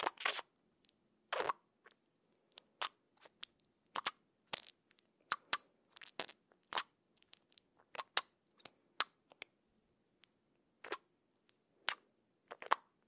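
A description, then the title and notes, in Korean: Cheek sounds: sharp, wet smacking clicks at irregular intervals, some in quick pairs, with a faint low hum between them. BODY ASMR 쫜득쫜득 볼살소리 | cheek sounds.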